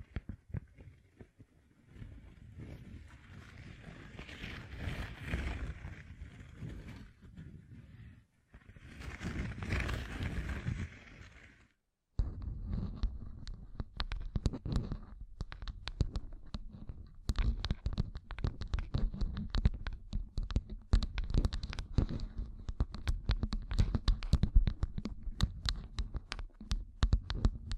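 Gem-covered fingertips tap and scratch. The first twelve seconds bring two slower, swelling bursts of rough scratching with short gaps; after a silent break near twelve seconds, dense, rapid clicky tapping runs steadily to the end, bright and crisp over a low rumble.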